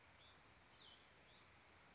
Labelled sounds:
Cassin's Vireo (Vireo cassinii)
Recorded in Sonoma County, California

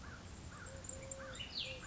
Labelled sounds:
Cassin's Vireo (Vireo cassinii)
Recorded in Sonoma County, California

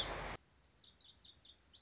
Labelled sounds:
Lazuli Bunting (Passerina amoena)
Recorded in Sonoma County, California

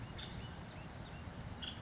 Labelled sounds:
Nuttall's Woodpecker (Dryobates nuttallii)
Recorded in Sonoma County, California

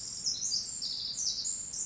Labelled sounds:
Pacific Wren (Troglodytes pacificus)
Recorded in Sonoma County, California

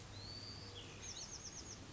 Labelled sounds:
Bewick's Wren (Thryomanes bewickii)
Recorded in Sonoma County, California

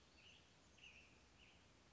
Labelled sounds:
Western Tanager (Piranga ludoviciana)
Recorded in Sonoma County, California

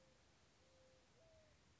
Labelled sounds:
Mourning Dove (Zenaida macroura)
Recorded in Sonoma County, California

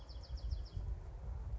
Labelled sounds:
Bewick's Wren (Thryomanes bewickii)
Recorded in Sonoma County, California

